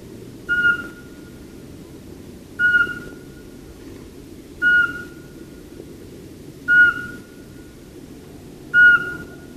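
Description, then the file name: Eurasian Pygmy Owl calling with steady piping whistles, five evenly spaced notes roughly two seconds apart, against a constant low hum. Recordist's own field recording. "VARPUSPOLLO"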